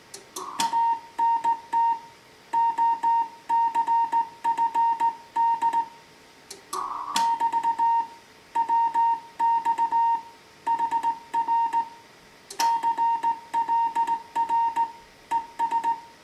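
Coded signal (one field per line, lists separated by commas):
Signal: Morse code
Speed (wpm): 17 wpm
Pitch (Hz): 920 Hz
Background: music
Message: ANT OCFD <BT> WX HR CLR ES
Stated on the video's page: Slow-speed CW contact sent with a straight key on a restored Heathkit HW-101 transceiver.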